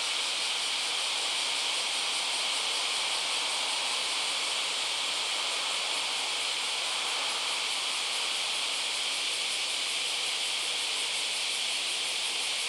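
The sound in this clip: Cicada call as a continuous shrill hiss-like buzz, even in pitch and loudness for the whole stretch, with a slight shimmering pulse.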